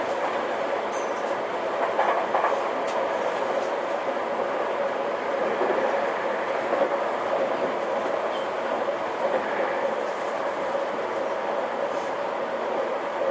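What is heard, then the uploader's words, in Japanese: A steady, dense rumble of a commuter train heard from inside the car, with a continuous midrange roar and faint occasional rattles and clicks. 東急2020系 押上→中央林間。東急田園都市線の新車です。車体長20メートルの4ドアステンレス車として製造。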